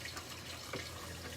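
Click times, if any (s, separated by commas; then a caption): none. A flexible plastic piece on a hydroponic garden tower is pulled inward by hand, which must sit well in its seat to avoid splashing. A steady wash of running or trickling water fills the clip, with a brief faint rustle near 0.7 s. Nothing has seated or clicked yet.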